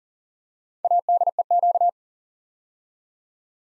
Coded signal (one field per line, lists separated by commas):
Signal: Morse code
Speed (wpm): 40 wpm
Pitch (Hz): 700 Hz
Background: none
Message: ADEQ